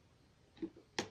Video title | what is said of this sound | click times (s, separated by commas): Металлоискатель МД 4030 | О, защелкнулся. | 1.0 s